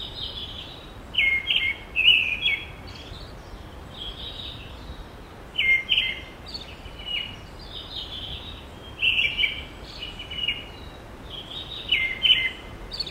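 Bird singing bright, twittering phrases of a second or so, repeated every few seconds, with faint hiss between.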